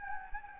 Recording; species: mosquito wingbeat signal from an infrared sensor; Anopheles gambiae